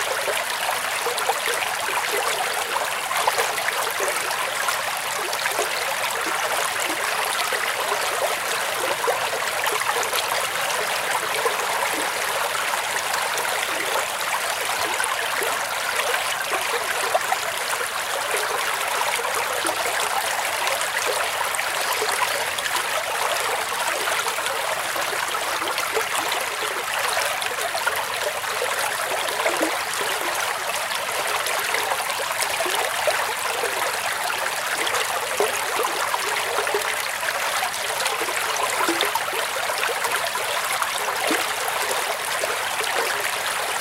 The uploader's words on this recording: Sitting Near a Babbling Brook. The gentle sound of water flowing over rocks and branches.